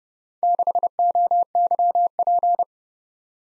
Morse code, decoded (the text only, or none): 6OYP